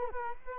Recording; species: mosquito wingbeat signal from an infrared sensor; Culex quinquefasciatus